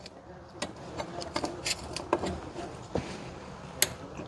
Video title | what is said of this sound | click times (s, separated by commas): Santa Fe Fuel Level Sensor/Sender Replacement (Hyundai 2007 - 2012) | All right, that's clicked. | 3.8 s